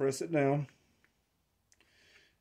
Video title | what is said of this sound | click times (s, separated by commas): The Pathfinder / selfreliance outfitters cup, french press hack. | that's going to snap in place | 1.7 s